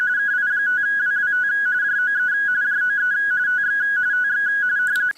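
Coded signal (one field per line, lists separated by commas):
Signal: RTTY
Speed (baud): 45.45 baud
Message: KI5WWT JOE JOE TX TX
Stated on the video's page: Weekly RTTY contest on FT991A at 30 watts, Palomar Bullet 29.5 ft end-fed antenna with LDG Z-11Pro II autotuner.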